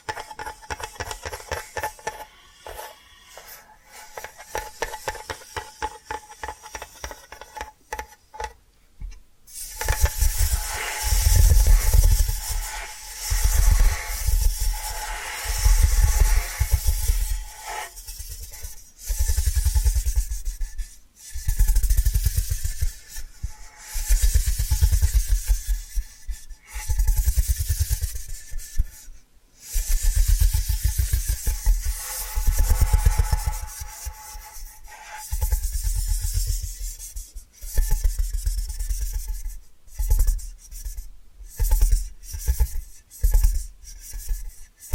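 Tapping and scratching sounds, quiet and sparse for the first nine seconds, then much louder and denser. From about ten seconds on, bursts of gritty scraping with deep thumps come in waves every second or two, broken by brief pauses near 18, 29 and 37 seconds.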